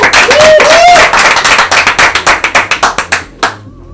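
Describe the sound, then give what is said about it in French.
A burst of clapping that starts as dense applause with a brief whistle-like tone, then thins into separate, rhythmic claps before fading out with one last clap. “Bonsoir public, on applaudit.”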